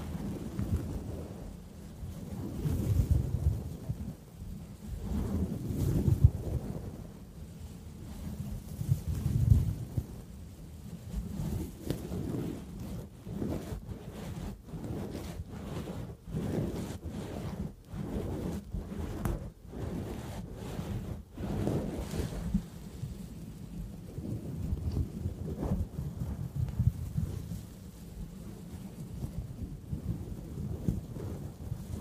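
Tapping, scratching and mouth sounds with a brush on a screen, dense low rumbling strokes, with rapid regular taps around fifteen to twenty-one seconds.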